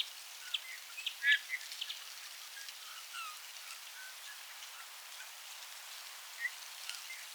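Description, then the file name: Eurasian bullfinch gives one strong, soft whistled call early on, with a few fainter piping notes and a steady patter of background noise. "Pyrrhula pyrrhula"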